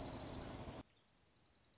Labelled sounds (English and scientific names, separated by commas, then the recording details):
Dark-eyed Junco (Junco hyemalis)
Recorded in Sonoma County, California